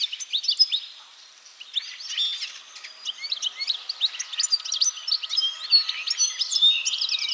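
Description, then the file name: European goldfinch song, a rapid liquid twittering of varied high chirps and trills, nearly continuous, with a brief lull around one second. "Carduelis carduelis"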